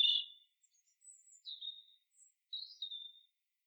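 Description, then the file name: European robin song: short separate phrases of high, thin whistles and brief warbled notes, with gaps between them. "Erithacus rubecula"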